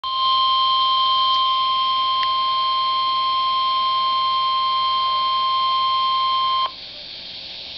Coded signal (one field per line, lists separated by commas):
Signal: Emergency Alert System (SAME) tones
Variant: 1050 Hz attention tone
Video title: Tropical Storm Warning/Hurricane Warning [2x HEADER - EAS #48/49] (8/26/2011)